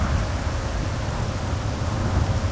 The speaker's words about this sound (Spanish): Las explosiones se suceden, cae del cielo fuego, lluvia, está lloviendo, ranas también.